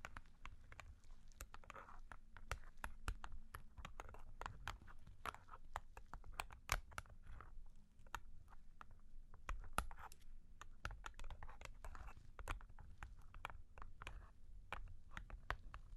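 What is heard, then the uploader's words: Long claws tap and scratch in quick, irregular clicks throughout, over a low steady hum, with occasional sharper louder taps standing out. Long Claws Tapping and Scratching (No Talking).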